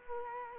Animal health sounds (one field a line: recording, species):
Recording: mosquito wingbeat signal from an infrared sensor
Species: Culex quinquefasciatus